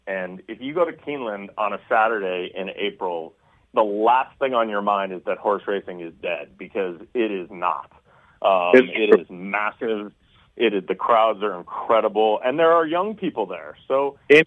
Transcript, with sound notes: and if you go to Keeneland on a Saturday in April, the last thing on your mind is that horse racing is dead, because it is not.
Um-
It's- (laughs)
It is massive, it is ... The crowds are incredible. And there are young people there.